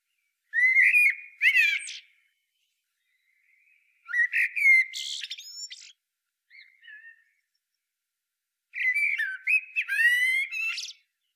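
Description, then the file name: Eurasian blackbird singing three separate warbled phrases a few seconds apart, fluting notes topped by scratchy high squeaks, with faint short notes in the gaps. "Turdus merula"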